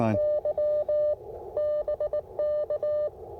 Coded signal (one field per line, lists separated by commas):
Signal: Morse code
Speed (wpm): 18 wpm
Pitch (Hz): 590 Hz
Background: speech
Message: Y BK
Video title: POTA Activation: NC Transportation Museum with the IC-705 and CHA MPAS Lite